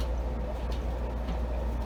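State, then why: Not seated. A slow-close, quick-release toilet seat is being handled, its hinge sockets lined up over the mounting posts on the bowl to be pushed straight down. Only a steady low hum with faint broadband noise is heard, with no sharp impacts. Nothing has seated or clicked yet.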